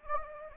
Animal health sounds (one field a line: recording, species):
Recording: mosquito wingbeat signal from an infrared sensor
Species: Anopheles gambiae